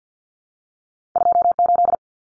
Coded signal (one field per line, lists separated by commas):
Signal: Morse code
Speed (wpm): 50 wpm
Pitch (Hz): 700 Hz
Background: none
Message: 28